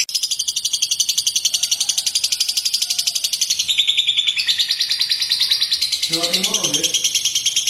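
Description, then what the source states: White-eye song: rapid high-pitched chattering that changes pattern partway through. A short lower, rougher sound appears toward the end. White-eye training song, bird in full song (gacor) with rapid bursts (tembakan).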